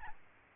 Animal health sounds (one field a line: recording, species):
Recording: mosquito wingbeat signal from an infrared sensor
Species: Aedes albopictus